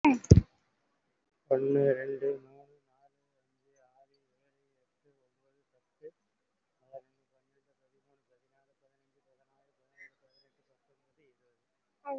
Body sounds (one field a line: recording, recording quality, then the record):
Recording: counting at a fast pace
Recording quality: moderate, slight background noise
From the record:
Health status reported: COVID-19 positive, moderate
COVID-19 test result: positive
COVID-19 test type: RT-PCR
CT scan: taken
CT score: 5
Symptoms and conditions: cough, breathing difficulty, fever, fatigue, muscle pain, loss of smell and taste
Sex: male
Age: 56 years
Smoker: no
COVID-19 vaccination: both doses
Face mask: worn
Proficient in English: yes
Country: India